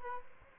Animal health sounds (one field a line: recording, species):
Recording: mosquito wingbeat signal from an infrared sensor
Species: Aedes albopictus